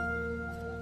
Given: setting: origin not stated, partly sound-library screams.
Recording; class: one-second piece from a danger detection set; normal situation